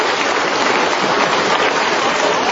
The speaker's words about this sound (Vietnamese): Một tràng pháo tay thưa anh chị em.